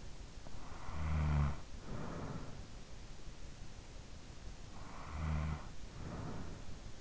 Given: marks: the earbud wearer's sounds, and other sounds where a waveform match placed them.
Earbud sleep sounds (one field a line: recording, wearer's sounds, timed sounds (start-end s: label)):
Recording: sounds in sleep by an in-ear microphone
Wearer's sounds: snoring breath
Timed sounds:
0.29-3.19 s: snoring breath
4.36-7.01 s: snoring breath